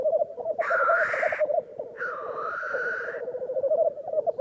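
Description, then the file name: Black grouse bubbling, a steady low cooing rumble that never stops, broken by two long hoarse hissing wheezes in the first three and a half seconds. "Digiffects Sound Effects Library - Black Grouse Bird"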